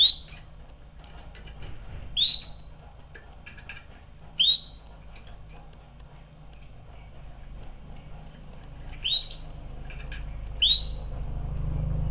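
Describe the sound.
Canary chirping: five quick upward-swept whistles spaced unevenly across the recording, over a low hum that swells toward the end.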